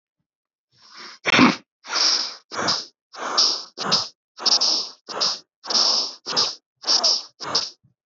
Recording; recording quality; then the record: shallow breathing; moderate, slight background noise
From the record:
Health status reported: healthy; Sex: male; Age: 29 years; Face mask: not worn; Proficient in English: no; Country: India